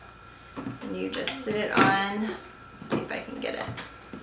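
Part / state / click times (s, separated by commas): lid onto blender/food processor container / not seated / none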